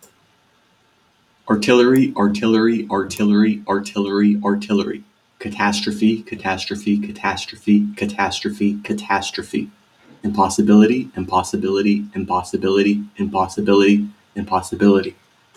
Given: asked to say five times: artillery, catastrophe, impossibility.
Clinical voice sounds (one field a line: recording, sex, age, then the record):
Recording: three words, each repeated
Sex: male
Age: 30 to 39 years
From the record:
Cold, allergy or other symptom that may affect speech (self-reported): no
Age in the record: 36 years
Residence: California, United States